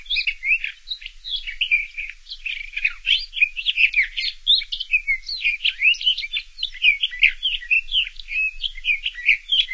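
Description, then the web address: Sage thrasher song, a long, continuous run of quick warbled and chattering phrases that jump up and down in pitch without pause. North America. "Songs of Birds of North America Stokes. Sage Thrasher"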